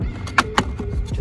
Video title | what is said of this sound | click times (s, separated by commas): HOW TO INSTALL SEQUENTIAL LEDS ON TURN SIGNAL SIDE VIEW MIRROR TOYOTA COROLLA 2019 2020 2021 2022 | mount it up make sure it clicks in and as you can see there's a stud right there as well just | 0.4 s, 0.6 s